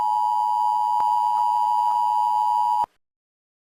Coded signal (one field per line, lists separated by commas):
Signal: Emergency Alert System (SAME) tones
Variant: 853 and 960 Hz attention tone